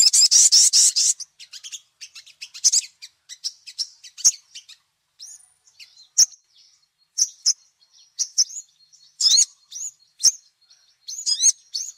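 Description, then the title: Little spiderhunter giving a dry buzzy rattle, then a varied series of high chirps, slurred whistles and rapid twittering phrases. Labaik song variety; a long tutor recording used to teach songbirds. "Masteran Burung Sogok Ontong Labaik"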